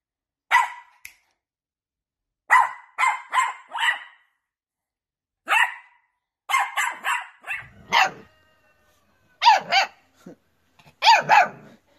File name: Tieng cho sua de thuong dang yeu